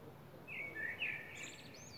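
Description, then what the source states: Common blackbird song: a rich, whistled warble that rises and falls, followed by a quick high-pitched chittering ending. Recorded in April.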